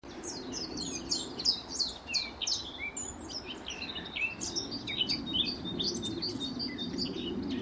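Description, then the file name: Eurasian blackcap song, a dense, fast chatter of high twittering and swept notes over a low rumbling background. "Sylvia atricapilla"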